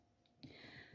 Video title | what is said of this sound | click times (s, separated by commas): #194 More Gel Mold | That click sound. That's an important sound. | 0.4 s